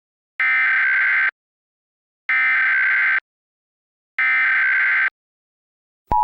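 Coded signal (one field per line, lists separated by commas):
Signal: Emergency Alert System (SAME) tones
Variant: header bursts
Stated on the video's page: Fictional global wildfire scenario using valid EAS tones.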